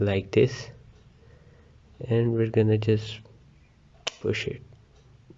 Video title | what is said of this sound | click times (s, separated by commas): Guide How To Insert Hard Disk & RAM In A Laptop | the clicking sound means that it is properly installed | 4.1 s